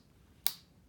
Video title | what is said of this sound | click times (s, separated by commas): SONY A7iii, A7ii,A7riii - HOW TO CHANGE LENSES | you hear it click now that it's clicked it is in there and locked into place and | 0.5 s